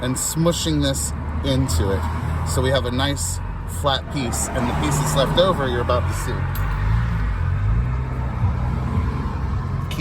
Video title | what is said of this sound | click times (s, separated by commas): How to: Install a BODY KIT | this flush like i said and there you go you heard it pop | 9.9 s